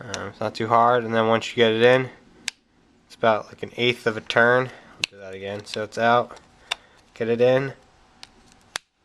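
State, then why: Seated. A plastic license plate bulb socket is removed from the license plate lamp housing of a Jeep Grand Cherokee WJ, reinserted, and given about an eighth of a turn. Someone talks throughout, with a few small sharp taps, and a sharp click at 8.8 s as the socket locks and seats in the housing.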